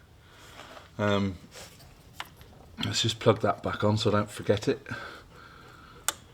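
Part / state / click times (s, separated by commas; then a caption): electrical connector onto manifold pressure sensor / seated / 6.1 s. Someone talks while the electrical plug is pushed back onto the manifold pressure sensor on a Range Rover's intake manifold. A sharp click sounds at 6.1 s as the connector latches and seats.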